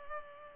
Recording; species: mosquito wingbeat signal from an infrared sensor; Culex pipiens